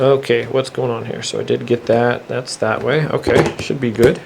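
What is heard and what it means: A plastic top panel is being handled and fitted into a clear plastic shoe box frame while someone talks throughout. Nothing has seated or clicked yet; the panel has not snapped in.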